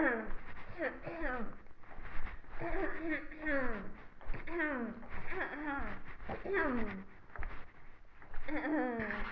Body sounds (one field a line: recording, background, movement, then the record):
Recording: throat clearing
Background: quiet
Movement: walking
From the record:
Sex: female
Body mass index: 18.3 kg/m2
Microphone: on the chest, facing the body